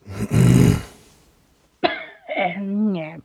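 An adult's gagging morning cough: one harsh, rasping, retch-like cough, then a pause and strained, voiced gagging sounds.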